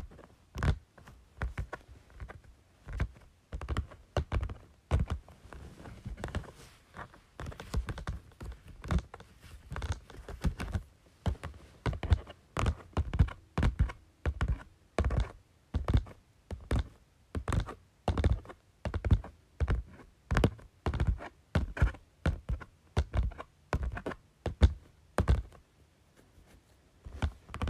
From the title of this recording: Tapping Folder